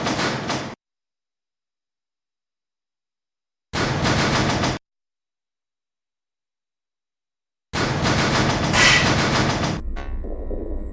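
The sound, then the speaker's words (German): Subway train sounds at the Weberwiese U-Bahn station, where the arrived train ends its run: two short bursts of loud rattling clatter separated by silence, then a longer roar that settles into a steady low mechanical hum. “U-Bahnhof Weberwiese. Aus dem eingefahrenen Zug bitte alle aussteigen.”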